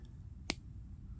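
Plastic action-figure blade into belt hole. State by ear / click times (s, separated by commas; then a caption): seated / 0.5 s. The blade accessory of a plastic Star Wars Black Series Kelnacca action figure is pushed back into the hole on the figure's belt. A single sharp, bright click at 0.5 s stands out against a low background rumble, with only a faint tick near the start. The blade is seated in the belt and won't come out.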